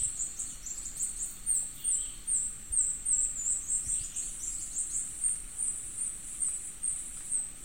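Minute hermit calls, a fast run of very high, thin squeaks and chips repeating several times a second throughout, over faint background hiss.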